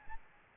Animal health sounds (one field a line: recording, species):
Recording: mosquito wingbeat signal from an infrared sensor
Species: Aedes albopictus